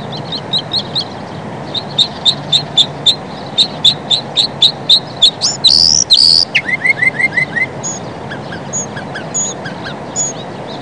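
Northern mockingbird singing a varied series of repeated phrases: rapid high chips, a harsh buzzy burst, then a run of lower notes and scattered whistles.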